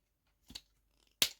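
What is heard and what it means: During conversion of a Transformers Legacy Motormaster toy, two plastic tabs are rotated over into their slots on the body. A softer plastic clatter at about 0.5 s leads to a sharp, loud click at 1.2 s as the tabs snap home and seat in place.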